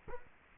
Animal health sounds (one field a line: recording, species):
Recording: mosquito wingbeat signal from an infrared sensor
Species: Culex quinquefasciatus